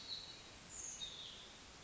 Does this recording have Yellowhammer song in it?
no